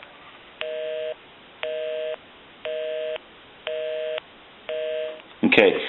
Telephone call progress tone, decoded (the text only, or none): busy tone